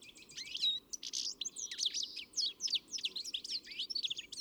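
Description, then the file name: European greenfinch in a dense, lively twitter of chirps, slurred whistles and buzzy notes, nearly unbroken throughout, over a low hum. "Chloris chloris"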